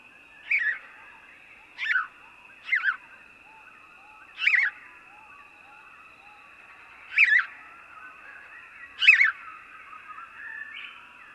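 House sparrow repeating short, sharp cheeps, six bursts, some doubled, spread unevenly throughout, with a steady thin whine behind.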